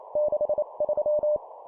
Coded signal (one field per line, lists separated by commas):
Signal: Morse code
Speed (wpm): 28 wpm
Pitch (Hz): 600 Hz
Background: none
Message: 63